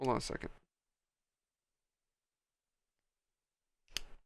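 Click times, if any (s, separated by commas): 4.0 s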